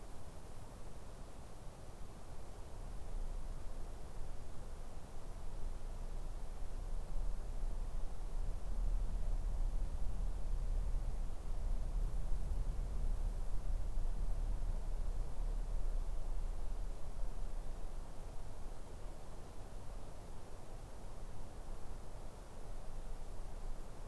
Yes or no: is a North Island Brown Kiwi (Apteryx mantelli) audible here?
no